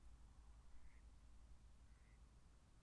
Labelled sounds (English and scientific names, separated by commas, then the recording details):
Mallard (Anas platyrhynchos)
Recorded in Germany
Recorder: ecoPi